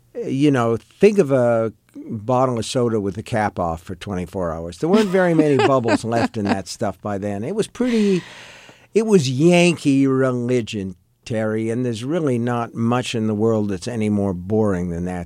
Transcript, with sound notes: you know, think of a bottle of soda with the cap off for 24 hours.
(LAUGHTER)
There weren't very many bubbles left in that stuff by then. It was pretty - it was Yankee religion, Terry, and there's really not much in the world that's any more boring than that.